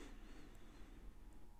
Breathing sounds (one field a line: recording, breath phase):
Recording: one breath near a microphone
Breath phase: inhalation